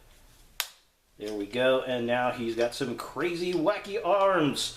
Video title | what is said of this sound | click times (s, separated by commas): BB-8 C-3PO RO-4LO Droid 3 Pack Star Wars The Force Awakens Target Exclusive Force Friday II | in like that they just snap into place and there | 0.6 s